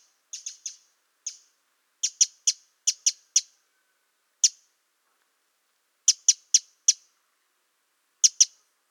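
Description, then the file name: Eurasian wren giving sharp clicking tick calls, singly and in quick runs, against a silent background. "Troglodytes troglodytes"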